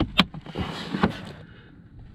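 On a 2007 Honda Pilot HVAC blend door mechanism, the linkage rod is put back into its hole and the plastic retaining clip is rotated until it clicks into place. A sharp, bright click sounds at 0.2 s, followed by a second knock near 1.0 s and quiet rustling and handling noise. The clip is seated.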